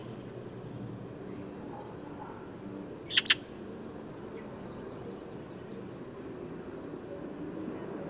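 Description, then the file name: Eurasian magpie giving a quick pair of harsh, rasping chack notes once, over steady low rumbling background noise. "Pica pica"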